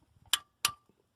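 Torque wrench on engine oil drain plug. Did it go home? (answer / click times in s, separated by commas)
yes / 0.3 s, 0.6 s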